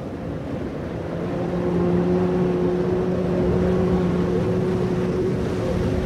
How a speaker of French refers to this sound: vous entendez la corne de brume?